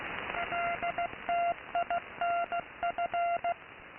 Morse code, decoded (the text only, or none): LTINF